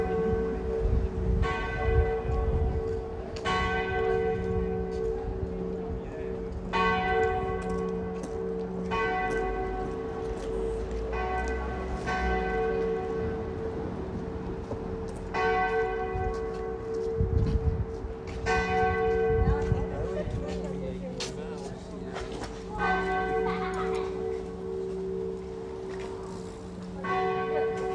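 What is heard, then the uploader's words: A deep, sonorous bell rings repeatedly, each stroke sustaining a long humming tone, struck roughly every two to three seconds with faint voices beneath. There’s a church just a few blocks away from where we’ve been staying. Last night I went out and recorded it. The bell. It’s beautiful, with a deep and sonorous resonance.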